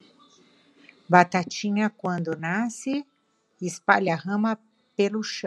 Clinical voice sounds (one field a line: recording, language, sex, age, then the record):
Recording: short text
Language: Brazilian Portuguese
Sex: female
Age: 50 to 59 years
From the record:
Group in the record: control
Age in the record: 59 years